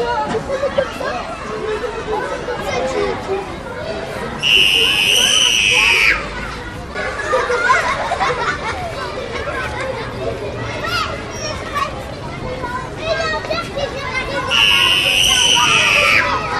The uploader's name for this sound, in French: Cour de récréation